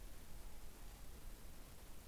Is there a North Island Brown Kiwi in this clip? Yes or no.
no